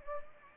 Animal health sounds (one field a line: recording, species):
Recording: mosquito wingbeat signal from an infrared sensor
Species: Anopheles gambiae